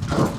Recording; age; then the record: pig call; growing-finishing pig (85 days or more)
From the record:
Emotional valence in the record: positive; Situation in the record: run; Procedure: transit